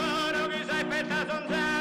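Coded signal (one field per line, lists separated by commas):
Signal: none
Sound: folk music instrument notes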